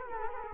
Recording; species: mosquito wingbeat signal from an infrared sensor; Culex quinquefasciatus